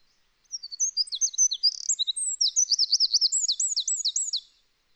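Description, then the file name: Eurasian wren song, energetic and shrill, a tumbling stream of rapid notes and repeated looping trills lasting roughly four seconds. "Troglodytes troglodytes"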